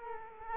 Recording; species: mosquito wingbeat signal from an infrared sensor; Culex quinquefasciatus